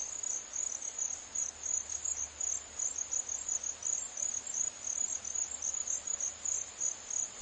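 Cricket calling with a continuous, very high shrill trill that wavers slightly in loudness throughout.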